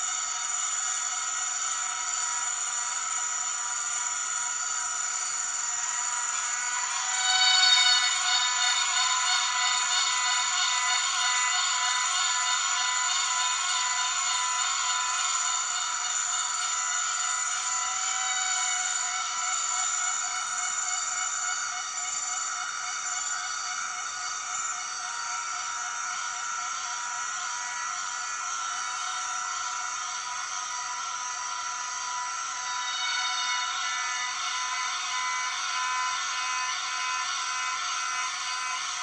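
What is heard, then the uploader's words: An Empress cicada calls without pause, a dense, steady, shrill buzz that sits in the upper range with no low sound beneath it. The tone swells slightly around eight seconds and again near thirty-three seconds, with a faint pulsing texture throughout. The weird sound of the Empress cicada.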